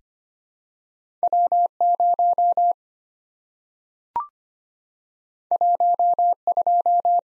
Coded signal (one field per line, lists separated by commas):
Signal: Morse code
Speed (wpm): 25 wpm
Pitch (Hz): 700 Hz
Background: none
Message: W 0 1 2